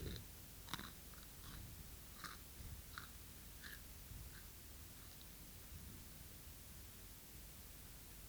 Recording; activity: daily activity, guitar pickup as the sensor; eat